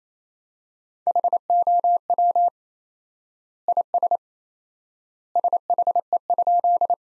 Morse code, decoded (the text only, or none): HOW IS SHE?